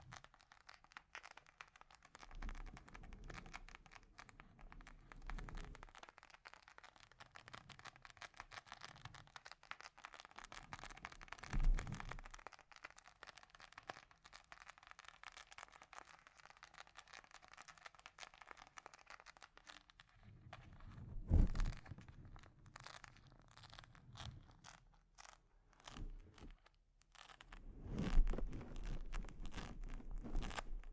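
Delicate mic scratching and tapping, a dense rustly crackle throughout, with louder scratchy bursts around 12, 21 and 28 seconds.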